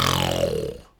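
A single rough, rattling snort lasting about a second, with a coarse low flutter that fades out at the end. It is a man's vocal imitation of very loud, chainsaw-like snoring heard from another room, not a real snore.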